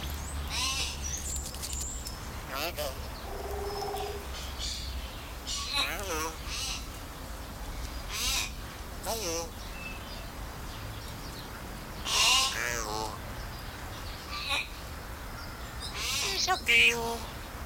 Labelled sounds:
Common Hill Myna

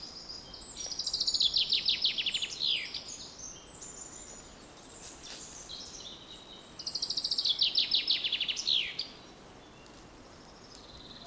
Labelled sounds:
Eurasian Wren

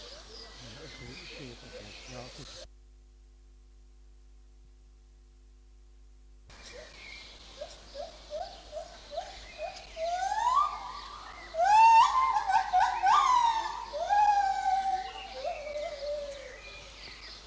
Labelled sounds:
Lar Gibbon

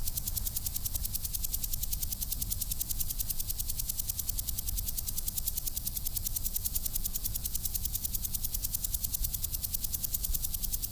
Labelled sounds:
Common Green Grasshopper stridulation

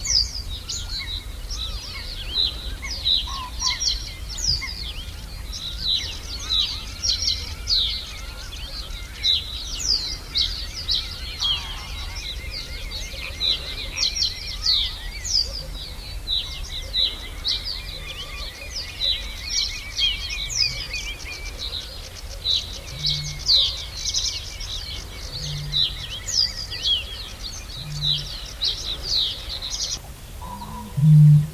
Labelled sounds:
Reed Bunting

